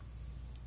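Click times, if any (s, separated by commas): 0.6 s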